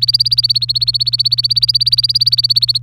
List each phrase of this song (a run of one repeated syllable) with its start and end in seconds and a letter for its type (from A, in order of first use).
0.00-2.78 A